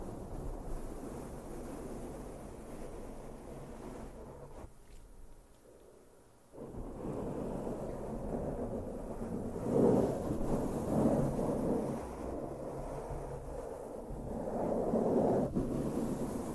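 Close microphone brushing fills the clip with dense, low rumbling and scratchy strokes, no voices at all. Around four and a half seconds the sound drops nearly silent for two seconds, then returns heavier, with louder swelling sweeps near ten and fifteen seconds.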